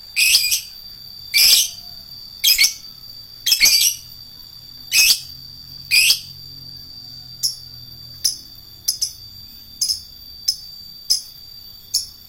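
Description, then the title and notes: Lovebird chirps, loud shrill squeaks about once a second at first, then softer high ticks at a slightly quicker pace. Adult fighter lovebird. "LOVEBIRD FIGTER. Lovebird Dewasa"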